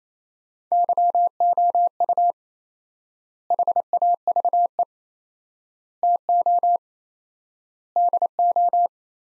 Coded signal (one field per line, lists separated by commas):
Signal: Morse code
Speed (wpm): 27 wpm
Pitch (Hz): 700 Hz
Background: none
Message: YOU HAVE TO DO